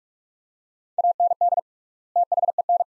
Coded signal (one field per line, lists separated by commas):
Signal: Morse code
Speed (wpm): 41 wpm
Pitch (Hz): 700 Hz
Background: none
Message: AND THEN